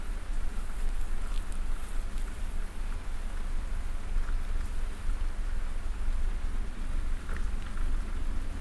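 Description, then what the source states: Domestic cat purring as a steady low rumble with fine rapid pulsing throughout, under a soft hiss of background noise and occasional faint rustles. Cat purring while snuggling.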